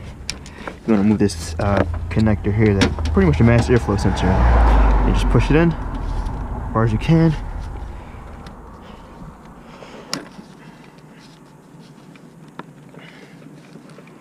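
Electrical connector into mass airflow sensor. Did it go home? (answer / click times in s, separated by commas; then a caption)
no / none. Someone talks while handling the electrical connector on the mass airflow sensor of a 1999 Nissan Maxima 3.0L, working to push it onto the sensor. A few sharp handling knocks are heard, notably near 0.3 s, 10.1 s and 12.6 s, with quieter rustling toward the end. Nothing has seated or clicked into place yet.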